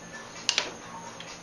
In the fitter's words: hear that? Mm-hmm. Clunk clunk.